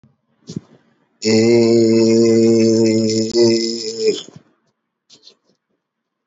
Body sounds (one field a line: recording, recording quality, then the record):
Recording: sustained vowel as in made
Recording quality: moderate, slight background noise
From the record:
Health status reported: healthy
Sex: male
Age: 22 years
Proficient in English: yes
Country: India